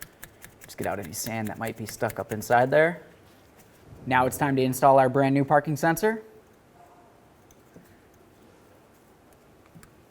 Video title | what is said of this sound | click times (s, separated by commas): How to Replace Parking Assist Sensor 2006-12 Ford Fusion | it in listen for a click give it a nice tug you want to ensure that it's safely clipped in | 9.8 s